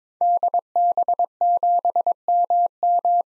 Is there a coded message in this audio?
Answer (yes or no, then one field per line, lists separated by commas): yes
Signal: Morse code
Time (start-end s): 0.2-3.2 s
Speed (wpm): 21 wpm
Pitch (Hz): 700 Hz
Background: none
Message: DB7MM